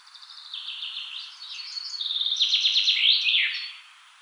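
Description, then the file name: Common chaffinch song: tumbling notes build into a loud rattling trill and an emphatic end flourish. "Fringilla coelebs"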